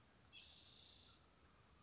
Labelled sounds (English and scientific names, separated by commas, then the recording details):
Spotted Towhee (Pipilo maculatus)
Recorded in Sonoma County, California